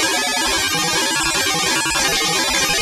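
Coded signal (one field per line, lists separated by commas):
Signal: none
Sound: video game music beeps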